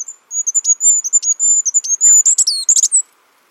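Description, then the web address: Bird calls: a fast, continuous string of very high, thin whistled notes, broken by sharp clicks and buzzier rasping bursts toward the end. "birddata Deverinetal 2025"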